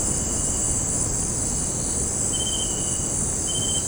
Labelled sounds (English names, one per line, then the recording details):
none
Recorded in secondary vegetation near Puerto Asís, Putumayo, Colombia, on 8 March 2025 at 18:00
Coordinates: 0.481, -76.318
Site G097